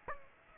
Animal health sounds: mosquito wingbeat signal from an infrared sensor; Aedes aegypti

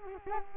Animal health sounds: mosquito wingbeat signal from an infrared sensor; Culex quinquefasciatus

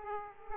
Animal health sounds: mosquito wingbeat signal from an infrared sensor; Aedes aegypti

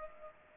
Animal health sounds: mosquito wingbeat signal from an infrared sensor; Aedes aegypti

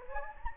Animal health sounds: mosquito wingbeat signal from an infrared sensor; Anopheles gambiae

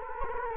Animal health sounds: mosquito wingbeat signal from an infrared sensor; Culex quinquefasciatus

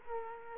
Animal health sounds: mosquito wingbeat signal from an infrared sensor; Culex quinquefasciatus

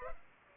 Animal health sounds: mosquito wingbeat signal from an infrared sensor; Culex pipiens

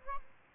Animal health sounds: mosquito wingbeat signal from an infrared sensor; Aedes albopictus

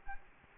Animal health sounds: mosquito wingbeat signal from an infrared sensor; Culex quinquefasciatus

